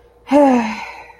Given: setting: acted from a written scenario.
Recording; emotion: vocal sound without words; serenity